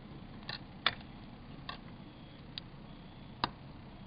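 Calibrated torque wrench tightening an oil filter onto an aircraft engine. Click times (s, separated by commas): 3.4 s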